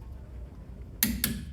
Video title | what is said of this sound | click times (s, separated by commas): Front End Suspension Project - 1994 Chevy K1500 (Part 2) | I'm going to grab the tire and torque this down until it clicks. | 1.0 s, 1.2 s